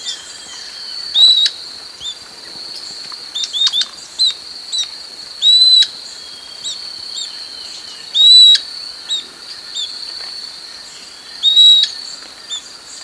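Bird calls, sharp high whistled notes with hooked, down-slurred shapes, repeated at irregular intervals over a steady high-pitched insect-like hiss.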